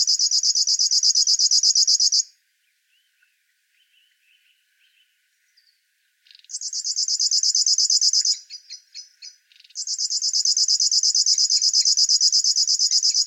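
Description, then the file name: River warbler song in bursts: about two seconds of rapid pulsed buzzing, a long silent pause, a second burst that breaks into stuttering fragments, then the pulsing rattle resumes steadily. "Schlagschwirl - Locustella fluviatilis"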